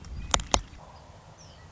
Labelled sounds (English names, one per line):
Red-winged Blackbird